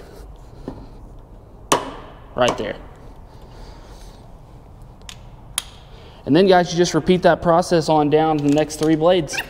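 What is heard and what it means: A click-type torque wrench set to 65 ft-lb is pulled on a mower blade bolt of the deck of a John Deere S240 riding mower. The wrench gives a sharp metallic click at 1.7 s, reaching its torque setting, with a faint tap near 0.7 s and further sharp ticks around 5.0 to 5.6 s. Someone talks briefly, and from about 6.3 s the rest of the clip is filled with voice and music.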